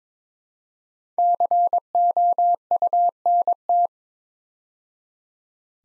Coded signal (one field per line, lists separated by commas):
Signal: Morse code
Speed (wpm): 21 wpm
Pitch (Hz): 700 Hz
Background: none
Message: COUNT